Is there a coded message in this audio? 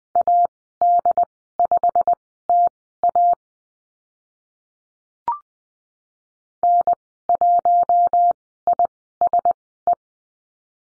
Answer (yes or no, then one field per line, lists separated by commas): yes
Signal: Morse code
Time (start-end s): 0.2-9.9 s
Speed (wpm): 20 wpm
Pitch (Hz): 700 Hz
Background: none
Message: AD5TA N1ISE